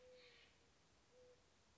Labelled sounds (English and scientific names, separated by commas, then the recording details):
Mourning Dove (Zenaida macroura)
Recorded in Sonoma County, California